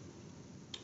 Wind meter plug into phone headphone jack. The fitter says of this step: it just pops right in there even with the case it doesn't require a lot of a